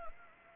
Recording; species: mosquito wingbeat signal from an infrared sensor; Anopheles gambiae